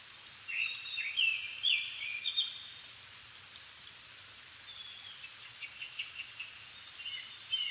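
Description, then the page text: Japanese thrush song: rapid varied whistled phrases early on, then softer scattered notes, against a continuous hiss. Nikko, Japan; recorded 7 May 2011 at 17:59, in the evening, at about 270 m, with a Sony PCM-D50 and Panasonic WM-61A mics. "kurotugumi 20110507-1759. Turdus cardis [Sounds -Nikko Today-]"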